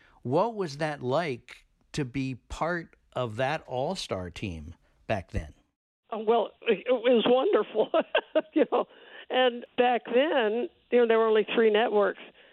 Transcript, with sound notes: What was that like to be part of that all-star team back then?
Well, it was wonderful (laughter), you know. And back then, you know, there were only three networks,